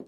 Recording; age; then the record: pig call; piglet (1 to 25 days)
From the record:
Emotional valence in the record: negative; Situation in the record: short isolation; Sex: male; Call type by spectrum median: low-frequency call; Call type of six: low-frequency stable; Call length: 0.07 s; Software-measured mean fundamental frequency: 39 Hz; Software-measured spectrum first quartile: 249 Hz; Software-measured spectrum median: 330 Hz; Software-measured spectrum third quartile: 438 Hz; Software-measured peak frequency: 257 Hz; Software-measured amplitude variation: 126 dB a second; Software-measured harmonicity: -0.9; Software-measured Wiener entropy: 0.39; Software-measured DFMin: 790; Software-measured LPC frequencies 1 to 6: 372, 2777, 4213, 5380, 6896, 8505 Hz